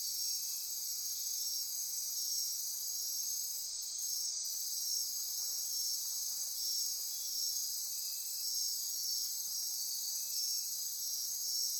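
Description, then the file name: Insect chorus, a dense continuous high-pitched shimmering drone with steady pulsing trills, unbroken throughout, with two brief higher clicks near four seconds. Midnight insect chorus near Corcovado. "Wind-is-the-Original-Radio-Fridays 20240628 Andy-Martin Midnight-Insect-Chorus-Near-Corcovado"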